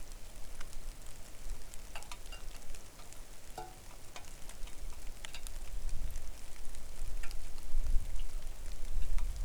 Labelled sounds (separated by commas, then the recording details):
wind, rain
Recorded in the Arctic National Wildlife Refuge, Alaska, on 3 August 2019 at 09:35
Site 41